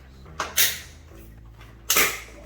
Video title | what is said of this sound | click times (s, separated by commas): How To Install a Window Blinds DIY | you hear the click that's it | 0.4 s, 1.9 s